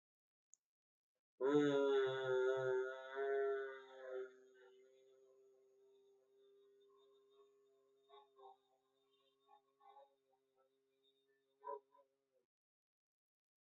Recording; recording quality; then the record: sustained vowel as in boot; excellent, no background noise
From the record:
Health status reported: healthy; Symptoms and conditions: none ticked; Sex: male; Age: 30 years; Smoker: not ticked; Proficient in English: yes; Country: India